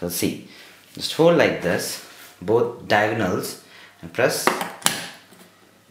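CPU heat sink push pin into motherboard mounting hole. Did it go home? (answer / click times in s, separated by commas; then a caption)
yes / 4.9 s. Push pins on a stock Intel CPU heat sink are pressed diagonally into the motherboard mounting holes while someone talks. A sharp click at 4.9 s marks a pin seating into its hole.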